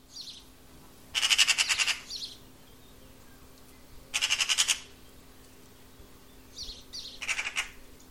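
Bird calls: three rattling, pulsed rasps, each under a second, roughly every three seconds, over a low constant hum.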